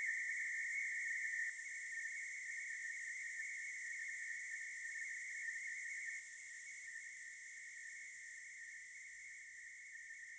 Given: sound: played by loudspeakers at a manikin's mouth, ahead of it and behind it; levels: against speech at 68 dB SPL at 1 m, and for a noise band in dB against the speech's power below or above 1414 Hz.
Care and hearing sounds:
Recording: test signals for a remote microphone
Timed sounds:
0.00-1.49 s: noise band at 2000 Hz, +10 dB
1.49-6.19 s: noise band at 2000 Hz, +5 dB
6.19-10.39 s: noise band at 2000 Hz, 0 dB
From the record:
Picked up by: remote microphone B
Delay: 24 ms

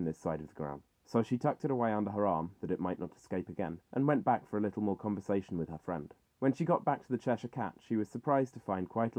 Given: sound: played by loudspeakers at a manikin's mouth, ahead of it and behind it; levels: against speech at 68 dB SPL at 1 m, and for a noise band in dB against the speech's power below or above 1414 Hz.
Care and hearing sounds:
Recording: test signals for a remote microphone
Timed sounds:
0.00-9.19 s: man speaking
From the record:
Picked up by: measurement microphone

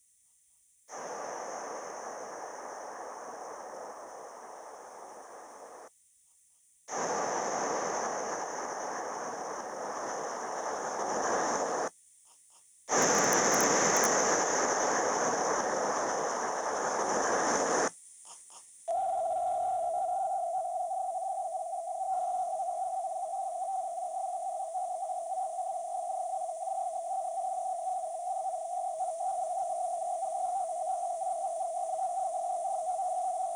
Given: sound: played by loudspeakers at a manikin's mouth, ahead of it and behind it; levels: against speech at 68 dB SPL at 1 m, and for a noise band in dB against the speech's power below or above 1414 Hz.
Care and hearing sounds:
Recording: test signals for a remote microphone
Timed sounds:
0.87-5.87 s: speech-spectrum noise, -10 dB
6.87-11.87 s: speech-spectrum noise, 0 dB
12.87-17.87 s: speech-spectrum noise, +10 dB
18.87-33.56 s: noise band at 707 Hz, as loud as that band is in speech
From the record:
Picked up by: remote microphone C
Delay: 23 ms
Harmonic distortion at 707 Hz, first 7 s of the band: under -32 dB

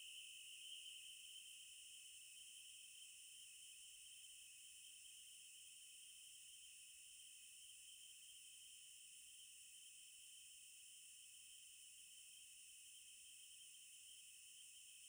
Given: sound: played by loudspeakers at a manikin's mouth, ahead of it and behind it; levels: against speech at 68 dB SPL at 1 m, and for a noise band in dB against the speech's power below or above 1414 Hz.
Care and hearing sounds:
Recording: test signals for a remote microphone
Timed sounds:
0.00-15.09 s: noise band at 2828 Hz, as loud as that band is in speech
From the record:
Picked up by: remote microphone B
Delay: 24 ms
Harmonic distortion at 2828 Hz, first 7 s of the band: under -17 dB (system noise only)

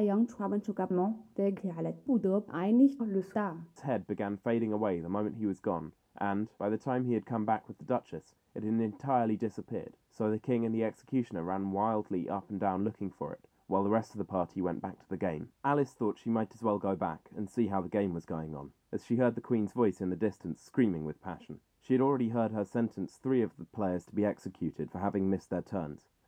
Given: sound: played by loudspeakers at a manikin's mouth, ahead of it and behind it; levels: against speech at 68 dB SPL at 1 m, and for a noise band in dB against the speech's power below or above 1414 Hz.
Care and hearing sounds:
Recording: test signals for a remote microphone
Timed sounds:
0.00-3.76 s: speech test signal (ISTS)
3.76-26.28 s: man speaking
From the record:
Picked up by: measurement microphone

